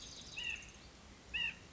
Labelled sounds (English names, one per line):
White-breasted Nuthatch